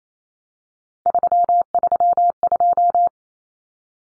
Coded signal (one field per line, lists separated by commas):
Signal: Morse code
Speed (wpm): 28 wpm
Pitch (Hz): 700 Hz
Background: none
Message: 332